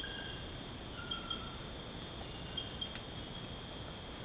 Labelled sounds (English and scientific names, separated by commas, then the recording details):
none
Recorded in dense forest near Puerto Asís, Putumayo, Colombia, on 22 December 2024 at 00:00
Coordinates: 0.481, -76.323
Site G100